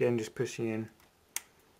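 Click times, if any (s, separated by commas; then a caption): 1.4 s. A six-pin power connector is pushed into a graphics card while someone talks. It clicks into place at 1.4 seconds with a single sharp snap, and the connector is seated.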